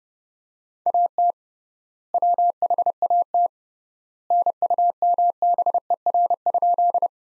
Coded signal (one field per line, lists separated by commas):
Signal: Morse code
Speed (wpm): 29 wpm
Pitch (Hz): 700 Hz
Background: none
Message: AT WHAT NUMBER?